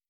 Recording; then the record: hydrophone in a shrimp aquaculture tank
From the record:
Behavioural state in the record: stressed